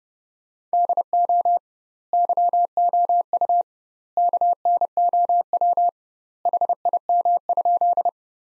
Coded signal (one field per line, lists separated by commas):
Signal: Morse code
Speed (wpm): 30 wpm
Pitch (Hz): 700 Hz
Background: none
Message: DO YOU KNOW HIM?